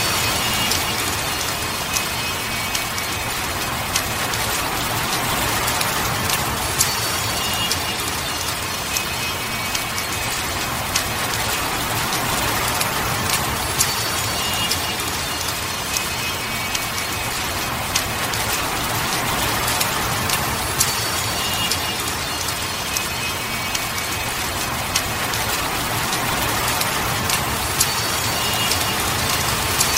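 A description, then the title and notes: Steady rain falls across a garden, a dense, even hiss of countless drops with sharper pattering ticks scattered throughout. The downpour holds at a constant level for the whole stretch, and a faint low rumble, like traffic, sits underneath. Serenade of Tranquility: Oriental Garden Rain for Ultimate Relaxation.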